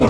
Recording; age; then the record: pig call; growing-finishing pig (85 days or more)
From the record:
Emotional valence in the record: positive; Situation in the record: run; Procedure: transit